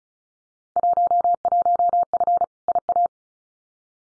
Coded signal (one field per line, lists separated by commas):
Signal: Morse code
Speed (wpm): 36 wpm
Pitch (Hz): 700 Hz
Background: none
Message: 11F IA